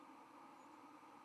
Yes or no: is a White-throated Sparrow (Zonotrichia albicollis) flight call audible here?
no